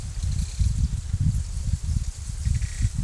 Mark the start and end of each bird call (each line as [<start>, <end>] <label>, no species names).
[2.25, 2.87] bird call